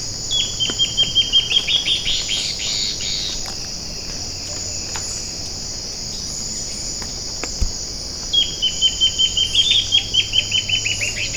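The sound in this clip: Bird: two runs of quick, high, repeated chip notes, one at the start and one near the end, with a whining insect chorus throughout.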